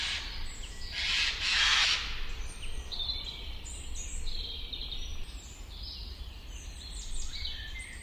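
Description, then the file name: Eurasian jay giving broad, rasping screeches, two loud bursts early on, while thin chirps and whistles from other birds continue over a low rumble. "Garrulus glandarius"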